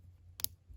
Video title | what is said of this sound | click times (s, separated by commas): Get MORE use out of your bass fishing soft plastics with this HACK! | there you go kind of snap it into place you hear that little snap | 0.4 s